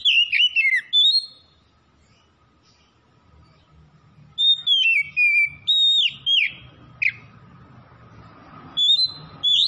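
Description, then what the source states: Oriental magpie-robin song of varied whistled notes, some sliding downward, delivered in separate phrases with quieter gaps. Oriental magpie-robin (kacer) from Tretes, singing vigorously (gacor).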